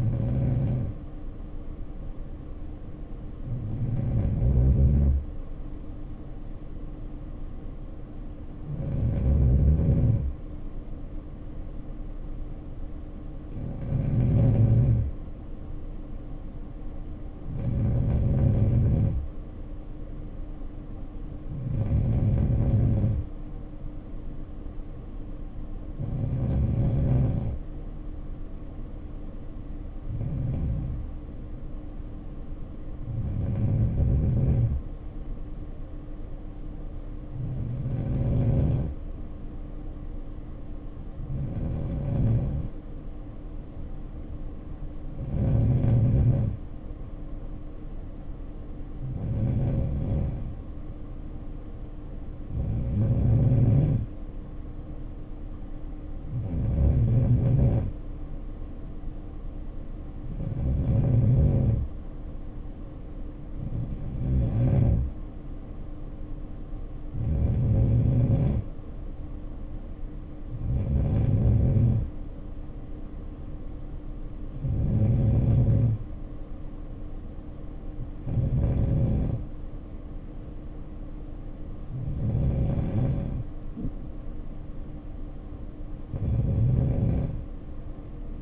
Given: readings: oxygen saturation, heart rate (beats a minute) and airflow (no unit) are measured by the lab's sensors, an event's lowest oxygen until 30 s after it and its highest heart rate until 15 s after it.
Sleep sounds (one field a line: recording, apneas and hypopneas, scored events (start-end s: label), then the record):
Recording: breathing in sleep by a smartphone at the bedside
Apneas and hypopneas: none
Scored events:
none scored
From the record:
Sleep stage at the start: N2 (light sleep)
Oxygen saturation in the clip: 91 to 93%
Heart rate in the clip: 55 to 60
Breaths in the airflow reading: 23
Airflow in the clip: -6.6 to 4.3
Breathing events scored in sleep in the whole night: 520 in 7.2 hours asleep